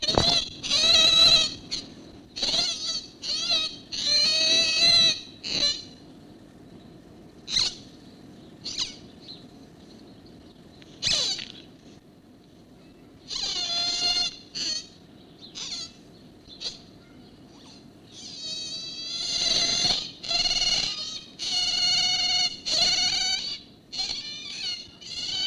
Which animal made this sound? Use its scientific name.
Lutra lutra